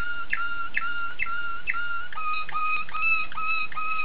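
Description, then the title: Oriental magpie-robin song: a clear two-part whistled phrase, a sharp upslurred note followed by a level tone, repeated about every half second, shifting slightly lower midway. "Kicau Kacer"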